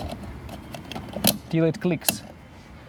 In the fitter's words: You can unscrew it and then retighten this cap till it clicks.